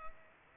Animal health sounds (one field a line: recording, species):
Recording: mosquito wingbeat signal from an infrared sensor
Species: Culex pipiens